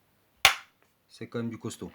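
The opening door of a Kyosho 1/18 die-cast Ferrari 575 GTC Evoluzione model car, with carbon on its doors, is pushed closed into the body, and its latch snaps shut with one sharp, loud click at 0.5 s. The door seats firmly and is judged sturdy, and someone then talks.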